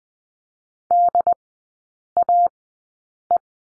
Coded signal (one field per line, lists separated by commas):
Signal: Morse code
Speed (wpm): 20 wpm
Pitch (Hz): 700 Hz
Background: none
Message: DAE